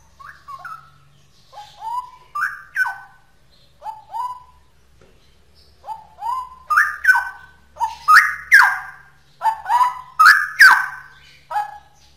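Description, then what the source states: Straw-headed bulbul song that starts softer with scattered whistled notes, then builds into louder, rapid, rich gurgling phrases. Rapid 'ropel' style song, described as genuine, original bulbul sound.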